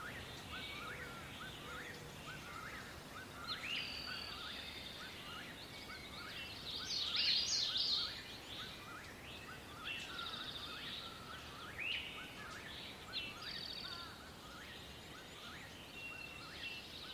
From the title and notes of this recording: Frequency & Nature Sounds "Birds". In the early morning hours, listen to the enchanting chirping of birds from the depths of the forest.